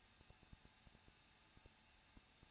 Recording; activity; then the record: daily activity, microphone in the room; no activity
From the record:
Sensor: 2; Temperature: 21.0 degrees Celsius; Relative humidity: 37.5%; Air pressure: 1006.3 hPa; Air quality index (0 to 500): 224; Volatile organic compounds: 25 ppm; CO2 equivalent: 2840 ppm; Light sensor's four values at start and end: 2/3/2/2 and 2/3/2/2